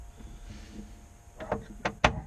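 A plastic retaining clip that has held the rear deck trim panel of a 2002 Mazda Millenia / 626 in place for years is pulled on while the trim is removed to reach the speakers. Quieter knocks and rattles of the panel at about 1.5 and 1.9 seconds are followed by a sharp, loud snap at 2.1 seconds as the old clip releases and the trim comes loose.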